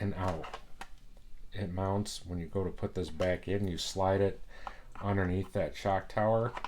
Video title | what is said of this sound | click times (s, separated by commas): Arrma Typhon Grom overview (non-running video) | this little tab right here push that in towards the car you hear that little click pull up | 0.8 s